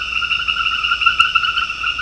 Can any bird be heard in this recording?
no